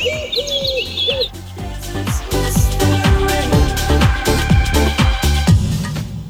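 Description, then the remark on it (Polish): A pigeon's warbling coo rises and falls for about a second before loud, rhythmic music with heavy drum hits takes over. “rozmawiający z gołębiem.”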